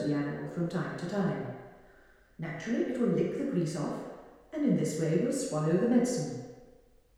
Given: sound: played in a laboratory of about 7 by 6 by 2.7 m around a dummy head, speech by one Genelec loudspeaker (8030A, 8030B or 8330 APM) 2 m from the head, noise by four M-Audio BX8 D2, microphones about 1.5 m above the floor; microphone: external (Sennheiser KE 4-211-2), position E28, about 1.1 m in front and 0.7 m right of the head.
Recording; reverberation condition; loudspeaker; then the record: female speech in English; high; 30 degrees to the left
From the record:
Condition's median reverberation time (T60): about 1300 ms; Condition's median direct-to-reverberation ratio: about -4.0 dB